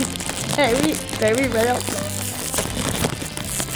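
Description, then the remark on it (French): Steady crinkling of a President's Choice chip bag being carefully opened, a dry crackly rustle running throughout, with a voice talking over the first half. “Je vais faire attention, pas déchirer le sac comme à chaque fois.”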